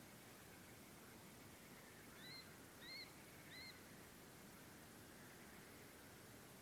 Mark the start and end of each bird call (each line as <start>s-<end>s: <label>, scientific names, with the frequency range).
2.16s-2.44s: Tachybaptus ruficollis (1.6-4.4 kHz)
2.81s-3.06s: Tachybaptus ruficollis (1.6-4.5 kHz)
3.48s-3.72s: Tachybaptus ruficollis (1.6-4.4 kHz)